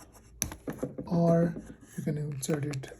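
A USB charging cable plug is pushed into the charging socket on the back of a Garmin Instinct smartwatch, and a sharp click sounds at 0.4 s as it seats. Someone talks afterward.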